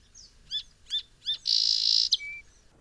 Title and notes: Unique song sparrow song by Manuel Grosselet